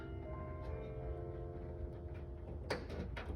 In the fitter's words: And you hear it snap.